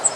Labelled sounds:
Cape May Warbler (Setophaga tigrina) flight call

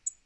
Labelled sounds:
Tennessee Warbler (Leiothlypis peregrina) flight call

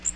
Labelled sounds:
Magnolia Warbler (Setophaga magnolia) flight call

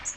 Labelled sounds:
Magnolia Warbler (Setophaga magnolia) flight call

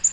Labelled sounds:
Black-throated Green Warbler (Setophaga virens) flight call

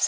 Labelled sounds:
Orange-crowned Warbler (Leiothlypis celata) flight call

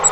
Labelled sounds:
Grace's Warbler (Setophaga graciae) flight call

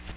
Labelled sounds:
Magnolia Warbler (Setophaga magnolia) flight call

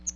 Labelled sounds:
Chestnut-sided Warbler (Setophaga pensylvanica) flight call

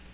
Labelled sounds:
Black-throated Green Warbler (Setophaga virens) flight call

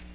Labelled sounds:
Magnolia Warbler (Setophaga magnolia) flight call

